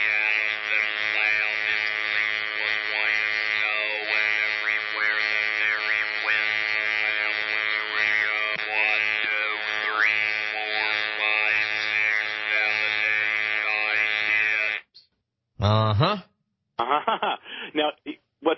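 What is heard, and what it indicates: Flat, single-pitch mechanical buzz shaped into speech by the mouth as a brief passage is read: electrolarynx speech, the device held in front of the lips instead of against the throat, so the mouth shapes the device's tone.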